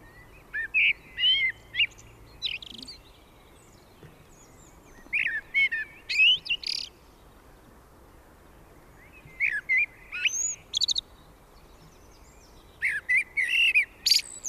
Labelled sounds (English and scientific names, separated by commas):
Common Blackbird (Turdus merula) song